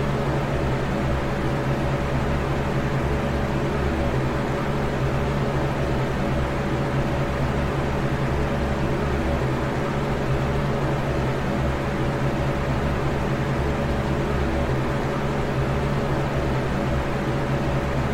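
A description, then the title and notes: A window fan runs at a constant speed, giving a dense, even rush of air with a low motor hum and a faint steady whine. Window Fan Sound. The rhythmic sound of the fan blades slicing through the air creates a steady and predictable white noise. This is a recording of an old Lasko box fan of mine.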